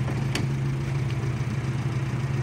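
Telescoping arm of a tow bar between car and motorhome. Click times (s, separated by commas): 0.4 s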